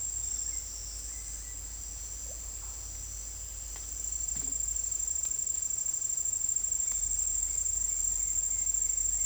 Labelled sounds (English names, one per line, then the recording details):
none
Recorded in secondary vegetation near Puerto Asís, Putumayo, Colombia, on 20 December 2024 at 08:30
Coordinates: 0.484, -76.319
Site GP06